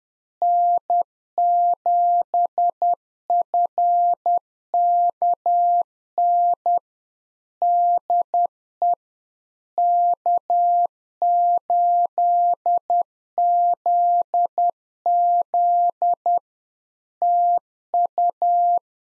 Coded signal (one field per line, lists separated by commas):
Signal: Morse code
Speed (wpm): 10 wpm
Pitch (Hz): 700 Hz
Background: none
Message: N7FKN DE K8ZZ TU